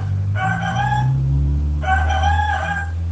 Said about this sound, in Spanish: De sopetón, el alegre grupito se encontró con un gallo que corría alborotado de un lado a otro.